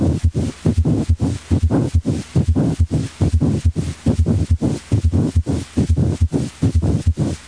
Pericardial friction rub. When inflamed pericardial surfaces rub together, they produce characteristic high-pitched friction noises called rubs. Pericardial friction rub is usually heard best and is sometimes palpable over the tricuspid and xiphoid areas. It is usually loud and may become louder during inspiration. The rub has a grating or scratchy, high-pitched sound that.